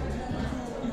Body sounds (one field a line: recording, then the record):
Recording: background sound without coughing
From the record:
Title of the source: 60 minutes of coffee shop sounds for study and concentration